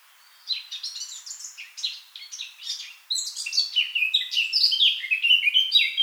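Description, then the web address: Eurasian blackcap song: two bursts of quick, scratchy twittering, then a louder, sustained warble of high, varied notes. "SETE Sylvia atricapilla"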